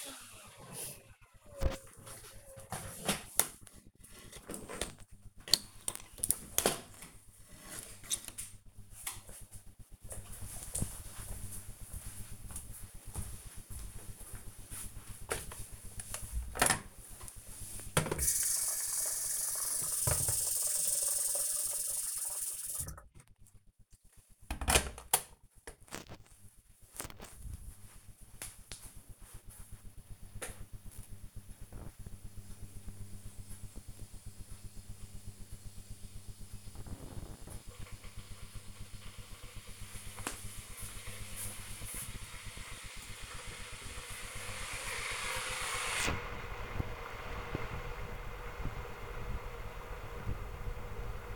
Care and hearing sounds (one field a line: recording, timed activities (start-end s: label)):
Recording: household activities, microphone on the right wrist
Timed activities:
13.79-51.36 s: making tea